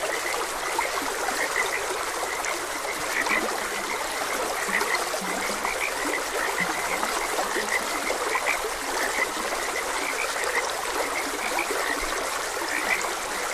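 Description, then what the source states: Frogs croaking in a steady chorus of short, bright notes, layered over the continuous rush and trickle of flowing water. Frogs recorded croaking beside a gentle stream.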